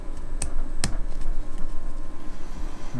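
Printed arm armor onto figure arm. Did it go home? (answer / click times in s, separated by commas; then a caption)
yes / 0.4 s, 0.8 s. The second 3D-printed arm armor piece is pressed onto the arm of a 3D-printed plastic figure until it sits flush. Two sharp clicks come at 0.4 s and 0.8 s over a low, steady background. The armor piece snaps home and is seated.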